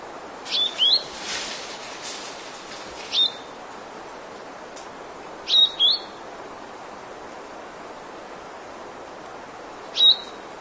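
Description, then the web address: A bird giving sharp, high chip notes, singly or in quick pairs, at irregular intervals of a few seconds over a quiet hiss. "brown vermilion bird call"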